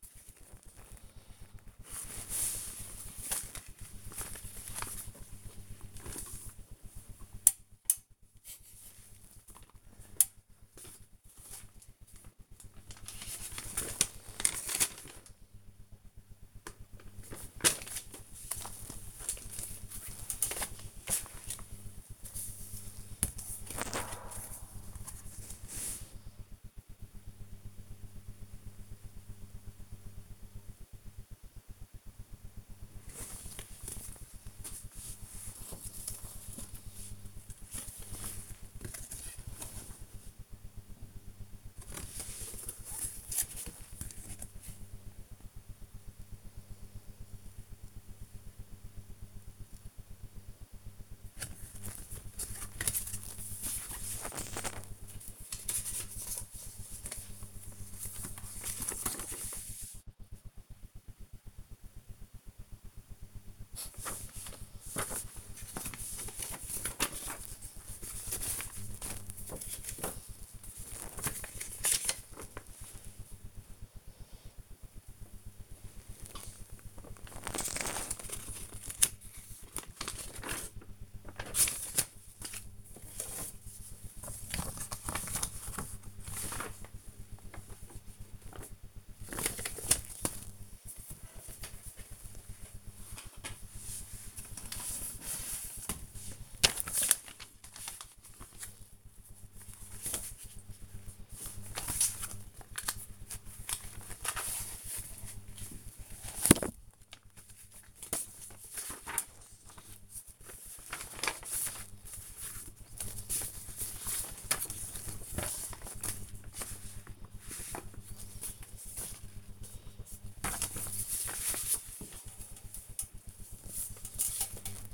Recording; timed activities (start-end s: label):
household activities, microphone on the right wrist
4.84-111.43 s: sorting documents
119.47-124.94 s: sorting documents